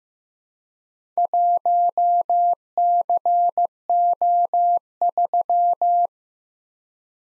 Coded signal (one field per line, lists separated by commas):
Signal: Morse code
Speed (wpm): 15 wpm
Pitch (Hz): 700 Hz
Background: none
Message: 1CO3